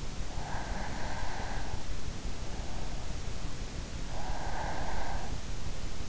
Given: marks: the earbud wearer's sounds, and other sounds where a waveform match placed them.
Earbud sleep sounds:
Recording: sounds in sleep by an in-ear microphone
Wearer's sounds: breath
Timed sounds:
0.07-2.69 s: breath
3.50-5.78 s: breath

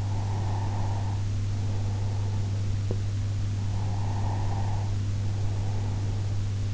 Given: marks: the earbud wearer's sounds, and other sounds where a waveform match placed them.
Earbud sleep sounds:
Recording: sounds in sleep by an in-ear microphone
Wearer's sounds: breath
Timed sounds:
0.05-2.64 s: breath
3.71-6.74 s: breath

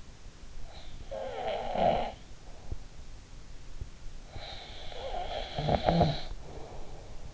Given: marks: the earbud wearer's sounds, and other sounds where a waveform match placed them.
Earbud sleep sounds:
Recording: sounds in sleep by an in-ear microphone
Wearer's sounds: snoring breath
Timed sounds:
0.55-2.76 s: snoring breath
4.26-7.34 s: snoring breath

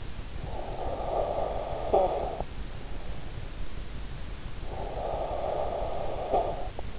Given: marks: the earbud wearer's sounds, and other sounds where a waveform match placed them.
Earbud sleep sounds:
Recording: sounds in sleep by an in-ear microphone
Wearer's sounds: snoring breath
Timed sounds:
0.30-2.77 s: snoring breath
4.55-6.99 s: snoring breath

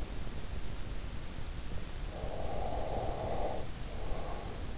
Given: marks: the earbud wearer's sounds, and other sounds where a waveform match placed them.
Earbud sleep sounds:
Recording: sounds in sleep by an in-ear microphone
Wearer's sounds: breath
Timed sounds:
2.20-4.64 s: breath

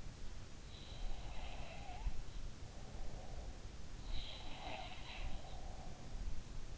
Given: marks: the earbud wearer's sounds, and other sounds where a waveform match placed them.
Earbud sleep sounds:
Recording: sounds in sleep by an in-ear microphone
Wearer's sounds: breath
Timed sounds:
0.44-3.55 s: sound from someone else or the room
0.92-3.55 s: breath
4.04-6.28 s: sound from someone else or the room

